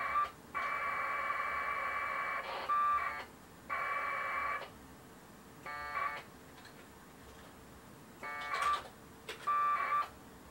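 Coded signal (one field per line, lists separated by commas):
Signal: packet radio (AX.25, as in APRS)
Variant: 1200 baud AFSK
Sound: several harsh warbling data bursts of one to two seconds, separated by short pauses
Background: radio static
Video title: Packet Radio UNIX shell session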